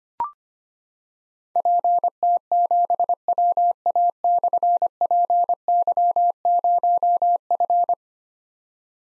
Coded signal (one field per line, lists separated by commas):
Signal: Morse code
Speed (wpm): 25 wpm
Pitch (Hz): 700 Hz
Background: none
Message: PT7WA/PY0F